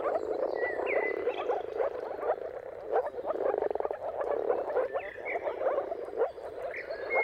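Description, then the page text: Moor frog chorus of soft, rapid bubbling calls overlapping continuously, accompanied by occasional high bird whistles. Chorus of many moor frogs giving mating calls at sunrise, turn of March and April, timing depending on weather. "Jakub-Orzecki moor frogs. Dawn’s Chorus: Mating Calls of Marsh Frogs at Sunrise. Depending on the weather at the turn of March and April, you can witness an amazing spectacle of moor frogs"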